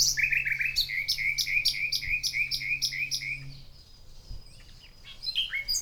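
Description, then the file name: Common nightingale song: a fast series of loud, repeated rich notes for about three and a half seconds over a low hum, then softer varied twitters and chirps. "Luscinia megarhynchos"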